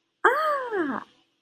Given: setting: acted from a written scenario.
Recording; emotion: vocal sound without words; elation